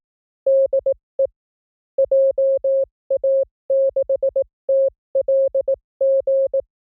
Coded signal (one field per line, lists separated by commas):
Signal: Morse code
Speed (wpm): 18 wpm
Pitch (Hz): 540 Hz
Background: none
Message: DE JA6TLG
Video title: Morse CW Training JP Random Callsign Speed from 15 to 25 WPM 300 Calls Sampling Rate 44100